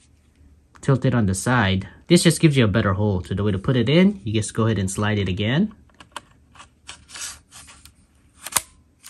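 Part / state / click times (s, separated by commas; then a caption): game controller into grip frame / seated / 8.6 s. A plastic game controller is tilted and slid along the rails of a grip accessory until it clicks into the grip. Someone talks for the first several seconds, then soft sliding and plastic handling sounds follow. A sharp click at 8.6 seconds marks the controller seating in the grip frame.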